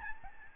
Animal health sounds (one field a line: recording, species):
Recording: mosquito wingbeat signal from an infrared sensor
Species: Aedes albopictus